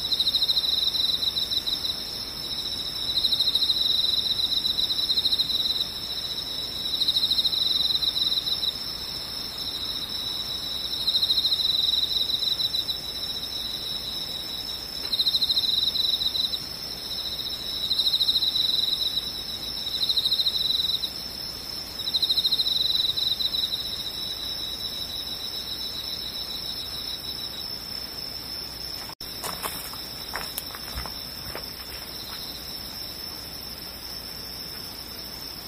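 Insects chirr in high, bright pulsing bursts, each lasting a second or two with short gaps, repeating steadily for about the first 27 seconds. A fainter continuous high whine runs underneath throughout. After that the chirring stops, leaving the thin hiss and a few faint clicks near 30 seconds.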